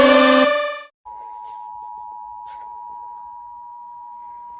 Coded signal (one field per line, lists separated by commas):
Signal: Emergency Alert System (SAME) tones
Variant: 853 and 960 Hz attention tone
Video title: rating eas alarm real and fake